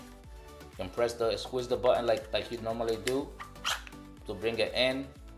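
Someone talks while handling an adjustable buttstock on a VR gunstock tube, squeezing the release button to bring the stock in toward its lock position, with music in the background. Nothing has seated or clicked yet.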